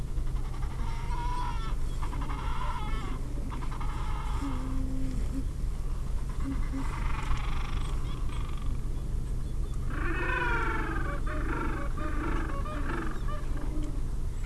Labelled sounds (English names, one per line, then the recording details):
Gentoo Penguin
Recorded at the colony at Petermann, Antarctica, on 20 January 2015
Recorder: Song Meter SM2+